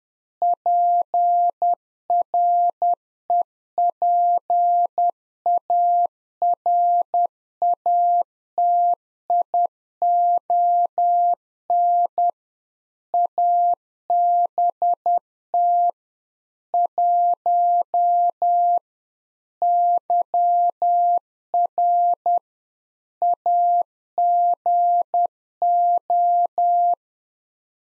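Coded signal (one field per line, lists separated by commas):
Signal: Morse code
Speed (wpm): 10 wpm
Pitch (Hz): 700 Hz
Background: none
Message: PREPARATION ABT 1 YR AGO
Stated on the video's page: Practice QSO drill at 10 wpm covering rig, antenna and weather information, sent in Morse, then spoken, then sent again.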